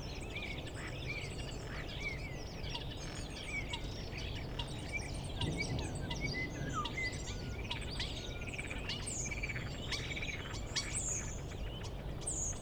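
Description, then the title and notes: Common starling song, a busy, continuous medley of clicks, squeaks, rattles and short whistles, with low rumbling background noise. Starlings outside a window in rural Goworów, Poland, mimicking various other species; rural birds imitate other birds, not car alarms; recorded with Zoom F4 and AT BP4025. "Goworów 6, 57-515, Poland - Starlings mimicking other species. Zainstalowały mi się za oknem szpaki i udają najróżniejsze inne dźwięki. Obok wcale nie ma stawu - to szpaki udają żaby. Tak samo z wołaniem żurawi - to słabsze głosy, ale ewidentny zaśpiew żurawia"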